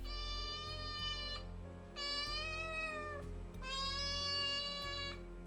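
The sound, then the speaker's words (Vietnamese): A cat up in the main house gives three long, loud, drawn-out meows in a row, each a high, strongly tonal wail that holds steady and then slides downward, with short pauses between them. “Hai vợ chồng ông Kha còn đang cố tìm hiểu xem nguyên nhân khiến đàn gà chết là do đâu, thì từ trên nhà trên có tiếng mèo kêu lên vang vọng.”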